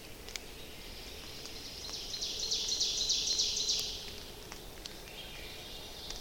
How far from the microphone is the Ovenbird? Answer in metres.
about 70 m